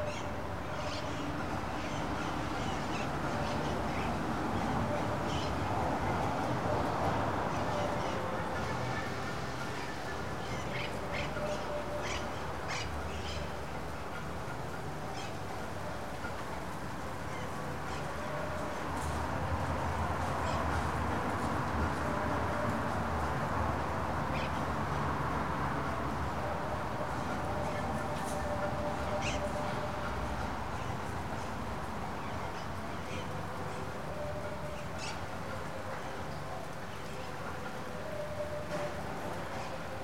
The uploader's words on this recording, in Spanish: Registro en la puerta del Gran Hotel Pucón Chile by Alejandro Cornejo Montibeller.